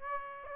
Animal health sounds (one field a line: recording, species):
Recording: mosquito wingbeat signal from an infrared sensor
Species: Aedes aegypti